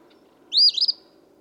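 Eastern phoebe delivering a single brief song phrase, a raspy rising-and-falling sweep followed by a quick stuttered ending, over quiet low background hum.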